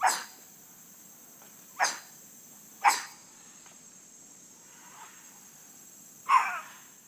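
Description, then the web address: White-throated capuchin giving sharp, harsh barking calls, four loud bursts spaced irregularly, over a steady high drone. Primate of the South American rainforest. "Natures Songs S America Primates of the Rainforest White-throated capuchin monkey"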